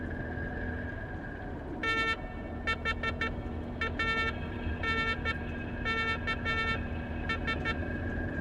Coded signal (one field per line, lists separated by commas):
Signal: Morse code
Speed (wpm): 13 wpm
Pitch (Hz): 1800 Hz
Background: none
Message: THANKS